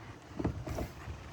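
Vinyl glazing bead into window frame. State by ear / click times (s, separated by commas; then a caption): not seated / none. Vinyl glazing beads (trim strips) are handled and pushed toward a vinyl window frame around replaced double-pane glass, giving soft, low handling thumps and rubs around 0.4–0.5 s and 0.7–0.8 s. Nothing has seated or clicked into the frame yet.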